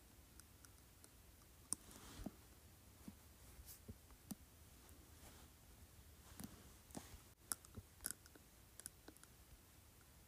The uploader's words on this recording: ASMR Tapping Softly on Plastic.